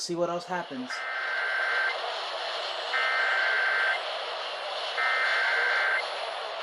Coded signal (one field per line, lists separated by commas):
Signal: Emergency Alert System (SAME) tones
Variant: header bursts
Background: speech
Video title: Late Night DXing LOX Alerts - (02/24/23) (EAS# 389-394)